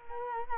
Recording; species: mosquito wingbeat signal from an infrared sensor; Culex quinquefasciatus